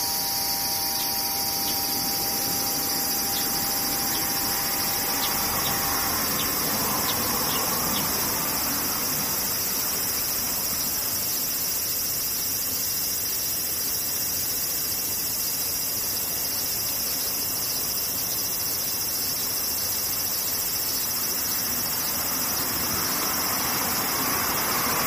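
Cicadas drone steadily through the whole recording, a dense, unbroken high shrill that never lets up. For the first several seconds a few thin steady tones sit underneath, and a low rumble like passing traffic runs faintly throughout.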